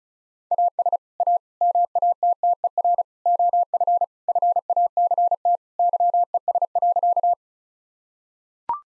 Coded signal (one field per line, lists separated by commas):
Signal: Morse code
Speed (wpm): 36 wpm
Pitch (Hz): 700 Hz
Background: none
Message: AS A MATTER OF FACT YES.